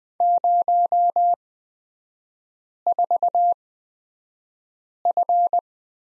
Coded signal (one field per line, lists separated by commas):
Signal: Morse code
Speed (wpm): 20 wpm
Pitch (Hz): 700 Hz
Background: none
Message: 04F